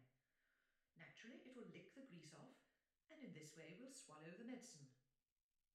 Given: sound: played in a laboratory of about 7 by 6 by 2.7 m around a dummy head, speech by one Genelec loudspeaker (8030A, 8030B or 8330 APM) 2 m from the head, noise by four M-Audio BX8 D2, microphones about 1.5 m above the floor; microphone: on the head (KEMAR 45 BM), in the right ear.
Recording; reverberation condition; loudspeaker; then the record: female speech in English; medium; behind (180 degrees)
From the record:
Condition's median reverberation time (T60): about 510 ms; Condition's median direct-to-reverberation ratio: about -0.5 dB